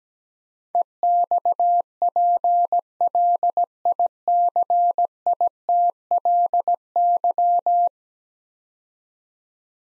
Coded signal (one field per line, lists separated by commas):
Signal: Morse code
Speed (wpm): 17 wpm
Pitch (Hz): 700 Hz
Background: none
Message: EXPLICITLY